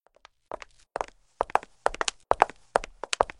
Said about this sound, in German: Sie kommen ins Haus. Ich höre sie durch den Gang kommen, die Treppe hinauf.